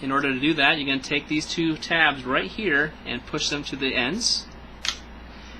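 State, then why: Released. Someone talks while pushing two plastic latch tabs on a Latitude E5440 laptop battery, seated in the laptop base, out to the ends to remove the battery before a RAM install. A sharp click is heard at 4.9 s as the battery release latch clicks open, leaving the battery unlocked and ready for removal.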